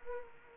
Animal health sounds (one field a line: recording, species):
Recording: mosquito wingbeat signal from an infrared sensor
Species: Culex quinquefasciatus